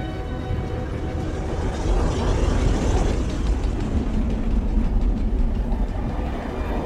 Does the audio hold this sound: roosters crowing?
no